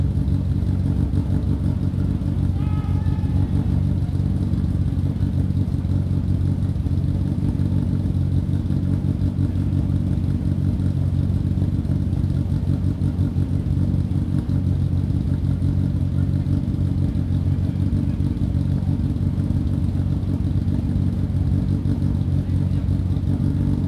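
Car engines rumble in a steady, dense low drone for the whole stretch, with a brief brighter whine near three seconds and faint clatter.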